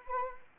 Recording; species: mosquito wingbeat signal from an infrared sensor; Anopheles arabiensis